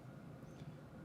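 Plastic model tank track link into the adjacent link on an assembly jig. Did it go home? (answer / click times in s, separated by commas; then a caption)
no / none. Individual plastic track links for a 1/35-scale model tank are handled on a styrene-tube assembly jig, ready to be pushed into the adjacent link. Only a steady low hum and faint handling noise are heard, with no sharp sounds. Nothing has seated or clicked yet.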